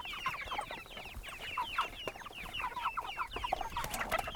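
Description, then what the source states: Chickens clucking, many short repeated clucks over a steady background hiss. Chickens recorded on a goat farm.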